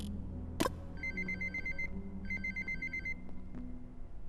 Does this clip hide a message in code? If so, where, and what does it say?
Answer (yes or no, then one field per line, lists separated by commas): no